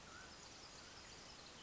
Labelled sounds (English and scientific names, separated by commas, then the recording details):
Mountain Quail (Oreortyx pictus)
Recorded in Sonoma County, California